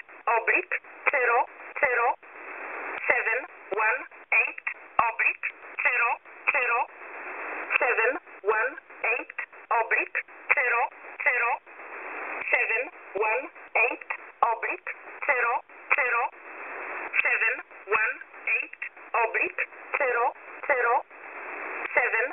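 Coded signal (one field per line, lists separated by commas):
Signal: numbers station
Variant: E11 Oblique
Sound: short evenly spaced spoken words over a narrow radio channel with hiss between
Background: radio static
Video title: E11 Oblique 23/08/2023 0845 UTC 12815kHz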